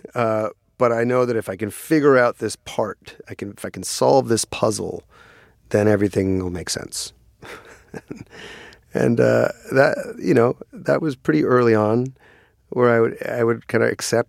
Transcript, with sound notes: But I know that if I can figure out this part, if I can solve this puzzle, then everything will make sense. (Laughter) And that, you know, that was pretty early on, where I would kind of accept.